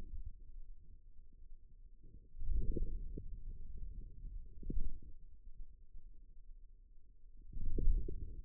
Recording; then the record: forearm muscle sounds (acoustic myography)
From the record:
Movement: wrist extension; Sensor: system 2, bracelet of six BSWA MPA416 microphones around the upper forearm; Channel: 1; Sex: male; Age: 22 years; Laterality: right